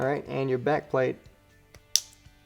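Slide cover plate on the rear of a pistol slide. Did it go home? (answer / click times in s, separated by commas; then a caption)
yes / 2.0 s. Someone talks, then a polymer slide cover plate is pushed onto the rear of a steel Glock pistol slide, over the depressed extractor plunger. After a faint tick at 1.8 s, the plate snaps into place with one sharp, loud click at 2.0 s, and it is seated.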